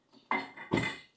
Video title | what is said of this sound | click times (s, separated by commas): Viossn 62 Inch Ceiling Fan with Lights, Outdoor Ceiling Fan with light 7 Reversible | it clicks in | 0.3 s